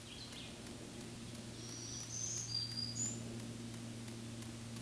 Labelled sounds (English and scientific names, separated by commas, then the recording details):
Black-throated Green Warbler (Setophaga virens) song
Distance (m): 15 m
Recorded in a Pennsylvania forest on 1 June 2023 at 08:59
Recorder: AudioMoth, point grid3_34_low
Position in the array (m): 218 m, 137 m